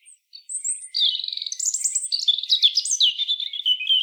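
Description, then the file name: European robin singing: a few brief high notes, then a rapid, liquid warble that mixes high sweet notes, trills and slurred whistles; nothing else is heard. "Erithacus rubecula"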